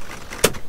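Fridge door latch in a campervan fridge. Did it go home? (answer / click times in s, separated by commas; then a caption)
yes / 0.3 s, 0.4 s. A campervan fridge door is pushed closed, and its latch clicks shut at about 0.3 s and again, louder and sharper, at about 0.5 s. The two clicks are the latch points engaging at the bottom and the top, leaving the door locked.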